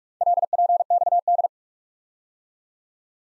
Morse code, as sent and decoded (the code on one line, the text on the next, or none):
.-.. .--. -..- -..
LPXD